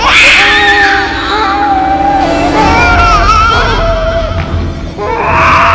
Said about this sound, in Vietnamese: Đứa trẻ đó dường như cũng phát hiện ra cô đang tìm nó. Nó liền khóc òa lên. Đúng là tiếng khóc ở trong xe hôm đi đào mộ ông nội Kha Lương.